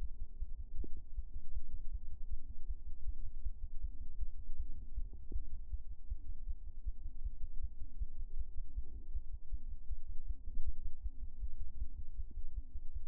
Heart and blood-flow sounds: fetal heart sounds by stethoscope on the mother's abdomen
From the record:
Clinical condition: term gestation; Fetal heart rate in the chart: 156 bpm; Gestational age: 40 weeks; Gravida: 2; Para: 1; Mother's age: 27 years

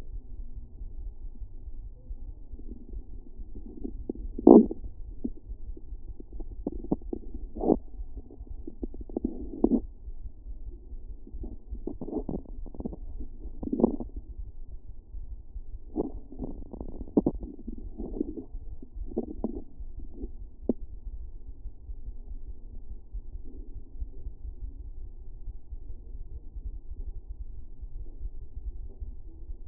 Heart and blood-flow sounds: fetal heart sounds by stethoscope on the mother's abdomen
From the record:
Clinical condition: for safety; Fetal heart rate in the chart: 140 bpm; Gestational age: 40 weeks

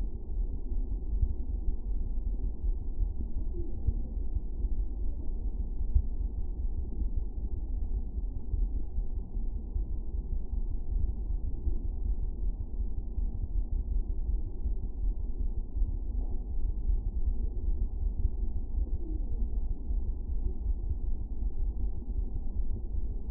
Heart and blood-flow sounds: fetal heart sounds by stethoscope on the mother's abdomen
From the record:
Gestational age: 39 weeks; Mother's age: 27 years

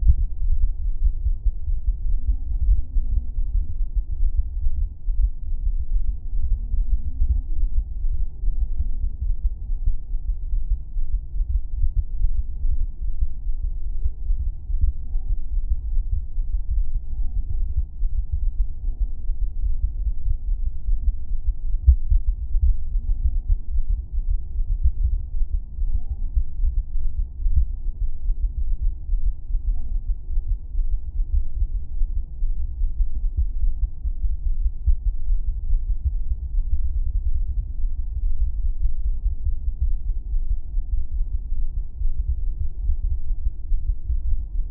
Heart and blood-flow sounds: fetal heart sounds by stethoscope on the mother's abdomen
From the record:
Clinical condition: thrombocytopenia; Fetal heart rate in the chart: 135 bpm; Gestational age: 35 weeks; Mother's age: 24 years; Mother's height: 153 cm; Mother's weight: 62 kg

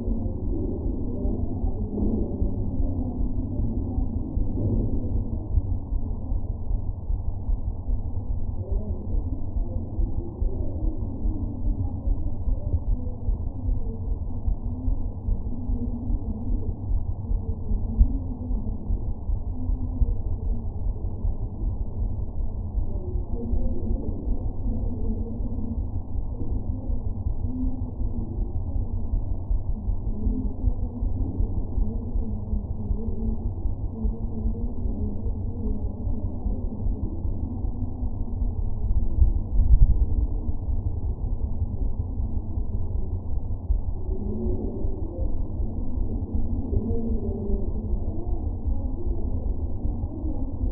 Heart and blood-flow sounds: fetal heart sounds by stethoscope on the mother's abdomen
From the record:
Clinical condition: abdominal pain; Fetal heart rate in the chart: 146 bpm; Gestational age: 39 weeks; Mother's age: 27 years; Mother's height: 144 cm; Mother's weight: 83 kg

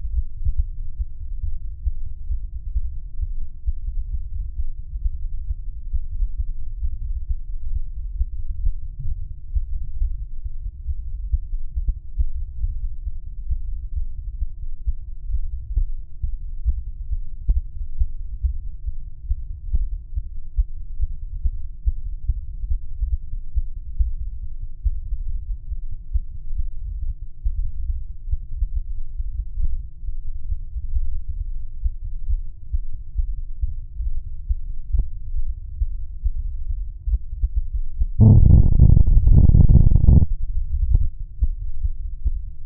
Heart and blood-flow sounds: fetal heart sounds by stethoscope on the mother's abdomen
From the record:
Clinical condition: bleeding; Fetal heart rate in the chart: 148 bpm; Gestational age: 34 weeks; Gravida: 3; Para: 1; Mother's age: 23 years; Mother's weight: 49 kg

